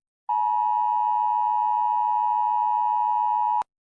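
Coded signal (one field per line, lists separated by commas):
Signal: Emergency Alert System (SAME) tones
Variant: 853 and 960 Hz attention tone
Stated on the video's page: Simulated Malaysian tsunami EAS alarm.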